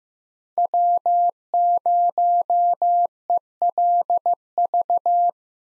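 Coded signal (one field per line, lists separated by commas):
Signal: Morse code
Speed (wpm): 15 wpm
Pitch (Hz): 700 Hz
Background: none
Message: W0ELV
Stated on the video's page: Five-character letter and number code group drill at 15 wpm, each group sent in Morse, spoken, then sent again.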